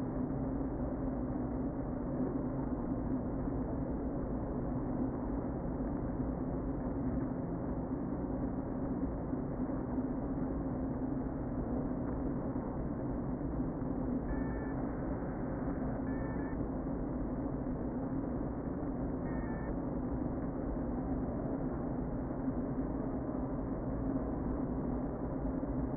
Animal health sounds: honeybee colony, microphone inside the hive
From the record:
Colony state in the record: queen present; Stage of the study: before two queens were removed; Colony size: about 60,000 bees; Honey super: yes

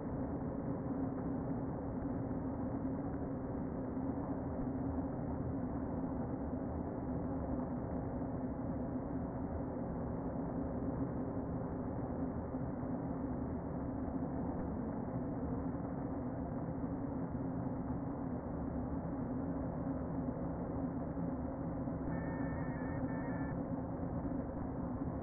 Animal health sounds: honeybee colony, microphone inside the hive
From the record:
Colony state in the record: queen present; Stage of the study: before two queens were removed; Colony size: about 60,000 bees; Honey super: yes

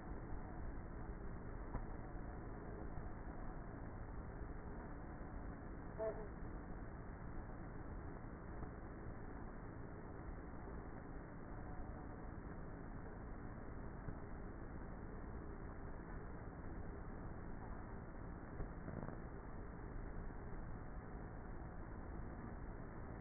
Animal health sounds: honeybee colony, microphone inside the hive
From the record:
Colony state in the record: queenless with a low population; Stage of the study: before two queens were removed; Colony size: about 30,000 bees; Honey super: no

